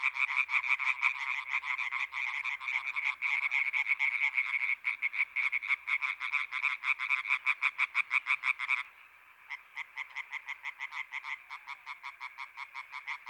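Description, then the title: European tree frogs in a dense chorus of rapid, nasal, pulsed croaks, overlapping callers keeping up a fast rhythm, with a short lull late on before calling resumes. Recorded 21 May 1993 at the Marguilliers pond in Sologne, France, an hour after nightfall, during intense calling activity of many tree frogs. "Choeur de rainettes en Sologne"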